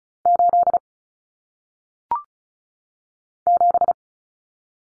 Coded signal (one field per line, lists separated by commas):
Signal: Morse code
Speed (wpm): 36 wpm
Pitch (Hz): 700 Hz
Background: none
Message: 8 7